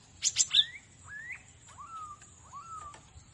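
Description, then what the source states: Cinereous tit song, a few sharp high clicks followed by clear whistled slurs, some rising, others level and gently falling, spaced about half a second apart. Masteran recording, used to tutor other songbirds.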